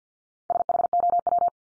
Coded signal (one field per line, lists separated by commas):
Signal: Morse code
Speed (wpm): 50 wpm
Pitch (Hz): 700 Hz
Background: none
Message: SHOW